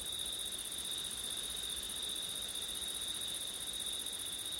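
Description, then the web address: Cricket chorus forms an unbroken, even high-pitched trill throughout, over a faint low background hiss. September night, wind, recorded with an ORTF stereo setup. "audio crickets wind september night ortif"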